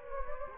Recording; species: mosquito wingbeat signal from an infrared sensor; Anopheles gambiae